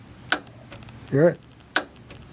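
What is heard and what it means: A click-type torque wrench is pulled on a leaf spring bolt during leaf spring installation on a 1966 Ford Thunderbird, giving a sharp single click at 0.3 s as it reaches its set torque, the sound to listen for. Someone talks briefly around 1.2 s, and a second similar sharp click follows at 1.8 s.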